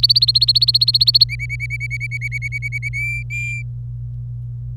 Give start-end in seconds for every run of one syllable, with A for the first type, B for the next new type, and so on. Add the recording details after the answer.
0.00-1.24 A, 1.29-2.89 B, 2.93-3.62 C. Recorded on 25 April 2018 at 16:31. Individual llb3